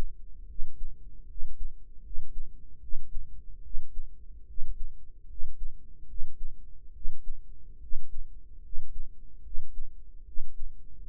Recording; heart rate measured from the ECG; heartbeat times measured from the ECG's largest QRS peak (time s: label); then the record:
heart sounds by microphone in the right ear; 74 bpm
0.46 s: heartbeat
1.26 s: heartbeat
2.01 s: heartbeat
2.79 s: heartbeat
3.61 s: heartbeat
4.45 s: heartbeat
5.26 s: heartbeat
6.06 s: heartbeat
6.92 s: heartbeat
7.79 s: heartbeat
8.60 s: heartbeat
9.41 s: heartbeat
10.23 s: heartbeat
11.05 s: heartbeat
From the record:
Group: healthy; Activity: rest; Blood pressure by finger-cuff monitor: 98/73 mmHg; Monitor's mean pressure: 81 mmHg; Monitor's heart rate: 74 bpm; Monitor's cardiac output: 5.3 L/min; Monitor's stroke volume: 70 mL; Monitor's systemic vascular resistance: 1110 dyn s/cm5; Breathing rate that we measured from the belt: 17 breaths a minute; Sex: male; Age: 21 years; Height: 170 cm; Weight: 71 kg